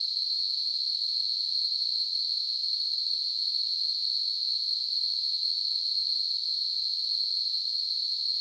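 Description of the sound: A steady, high-pitched hissing ring holds at the same pitch and loudness for about eight seconds without a break. It is a simulated tinnitus sound, imitating the constant ringing or hiss heard without any outside source.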